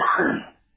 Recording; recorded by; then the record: voluntary cough; telephone call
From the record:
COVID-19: positive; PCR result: checked with the laboratory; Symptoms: no